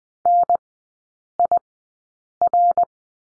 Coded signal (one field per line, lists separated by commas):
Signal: Morse code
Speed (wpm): 20 wpm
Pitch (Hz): 700 Hz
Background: none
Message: NIR